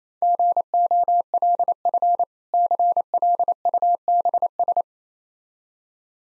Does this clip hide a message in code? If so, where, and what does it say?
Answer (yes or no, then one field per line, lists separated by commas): yes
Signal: Morse code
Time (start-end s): 0.2-4.8 s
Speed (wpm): 28 wpm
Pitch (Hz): 700 Hz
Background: none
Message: GOLF CLUBS